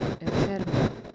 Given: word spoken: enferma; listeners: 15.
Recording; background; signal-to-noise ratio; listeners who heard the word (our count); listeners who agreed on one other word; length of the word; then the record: one Spanish word in noise, from a listening test; noise modulated by one talker; -9.0 dB; 1 of 15; 7 of 15; 0.75 s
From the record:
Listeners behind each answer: 7, 4, 1, 1, 1, 1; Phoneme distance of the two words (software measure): 10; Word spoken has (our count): 3 syllables, 7 phonemes, stress on syllable 2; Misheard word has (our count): 3 syllables, 7 phonemes, stress on syllable 2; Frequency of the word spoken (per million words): 14.70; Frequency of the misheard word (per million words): 44.87